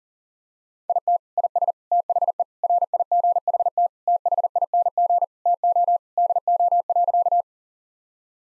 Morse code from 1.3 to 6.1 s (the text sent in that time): IS THE RIGHT THING TO